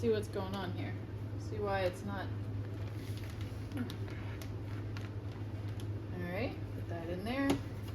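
Someone talks while handling the plastic lid of a countertop VS0150 Food Saver vacuum food sealer, whose two side latches lock into the sealer base only when the lid is pushed down really hard; an earlier attempt did not fully latch. A few faint, brief handling taps occur between about 3.2 and 5.8 s over a steady low hum. Nothing has seated or clicked yet.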